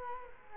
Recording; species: mosquito wingbeat signal from an infrared sensor; Culex quinquefasciatus